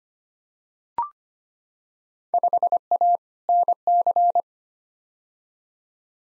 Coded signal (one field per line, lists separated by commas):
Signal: Morse code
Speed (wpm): 25 wpm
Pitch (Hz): 700 Hz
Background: none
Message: 5A NC